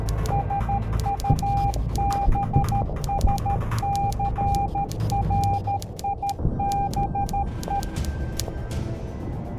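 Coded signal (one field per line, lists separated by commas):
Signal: Morse code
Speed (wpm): 13 wpm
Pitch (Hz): 800 Hz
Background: music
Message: SUBSCRIBE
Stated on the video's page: Morse code radio transmission in a staged WWII comedy skit.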